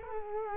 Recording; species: mosquito wingbeat signal from an infrared sensor; Culex quinquefasciatus